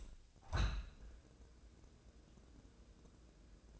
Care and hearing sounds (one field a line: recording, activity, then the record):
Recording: daily activity, microphone in the room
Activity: open window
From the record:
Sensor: 2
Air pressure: 1012.1 hPa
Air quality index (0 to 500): 106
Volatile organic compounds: 1 ppm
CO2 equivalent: 800 ppm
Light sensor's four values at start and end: 111/267/110/109 and 111/266/110/109